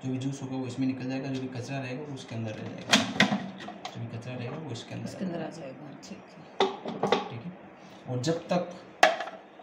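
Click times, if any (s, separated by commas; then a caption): 9.0 s. Someone talks while twisting the plastic top onto an Inalsa food processor jar or juicer attachment, with a few short handling knocks around 6.6 s and 7.0–7.1 s. A sharp click at 9.0 s marks the lid locking into place; the machine will not run unless this top is properly locked.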